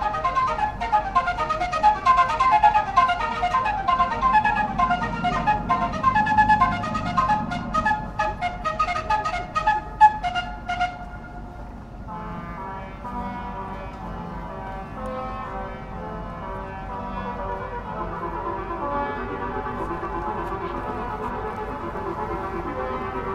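Layers of ship sirens sound together in overlapping sustained tones, loud and dense, with rapid pulsing blasts for the first ten seconds. Around the eleventh second the pulsing stops and the sirens settle into quieter held chords that drift and shift in pitch until the end.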